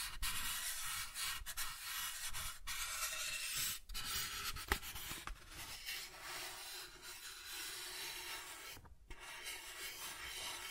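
Soft tracing across a surface, a steady dry rubbing hiss that stays bright and airy with little low sound. The texture is continuous and slightly grainy, broken by brief dips around two, four and nine seconds as the strokes change direction.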